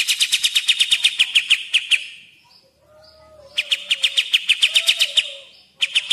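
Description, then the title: Grey-cheeked bulbul giving quick, sharply pulsed high notes in two long bursts and the start of a third, with a softer, lower drawn-out whistle that begins between the first two. Tutor recording (masteran) used for training captive songbirds. "MASTERAN CUCAK JENGGOT"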